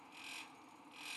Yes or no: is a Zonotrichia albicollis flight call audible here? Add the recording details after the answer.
no. No flight call is heard. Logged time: 10:34 on 5 December 2014